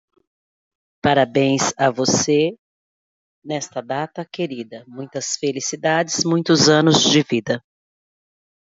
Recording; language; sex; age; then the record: short text; Brazilian Portuguese; female; 50 to 59 years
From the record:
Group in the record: control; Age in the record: 52 years